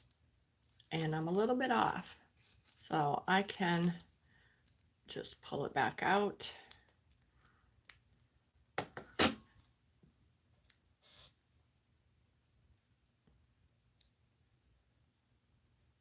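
Someone talks while lining up a metal zipper slider on the ends of the fabric zipper tape of a pouch, after pulling the crooked slider back off. A few short, sharp handling ticks sound between the words. Nothing has seated or clicked yet.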